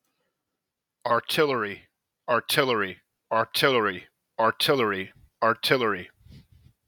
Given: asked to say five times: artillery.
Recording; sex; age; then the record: repeated word; male; 40 to 49 years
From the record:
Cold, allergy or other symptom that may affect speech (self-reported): no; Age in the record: 43 years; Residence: Virginia, United States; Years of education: 17